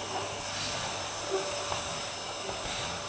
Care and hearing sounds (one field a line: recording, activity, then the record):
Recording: daily activity, microphone in the room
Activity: vacuum cleaning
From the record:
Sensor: 2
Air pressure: 1011.7 hPa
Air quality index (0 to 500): 220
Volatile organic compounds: 4 ppm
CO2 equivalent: 1549 ppm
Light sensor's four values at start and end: 7/16/7/7 and 7/16/7/7